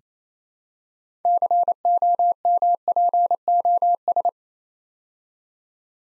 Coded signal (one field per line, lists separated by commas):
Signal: Morse code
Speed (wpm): 29 wpm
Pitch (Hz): 700 Hz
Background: none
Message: COMPOS